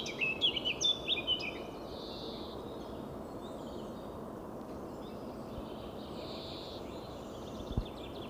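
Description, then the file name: Eurasian blackcap giving a short burst of bright, fast warbling notes at the start, then quiet apart from a single thump near the end, over continuous hiss. "Sylvia atricapilla"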